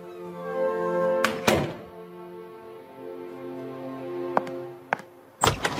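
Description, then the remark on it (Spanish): A bedroom door thuds shut with a heavy, dull knock as a man leaves the room, followed by a few sharper thumps and a final loud slam, all over a steady, low droning tone that hums underneath throughout. “Y vi la puerta cerrarse sobre su rostro.”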